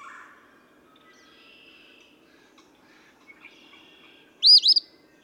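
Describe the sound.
Eastern phoebe giving one burry fee-bee phrase near the end, preceded by soft, thin chirps and twitters from other birds.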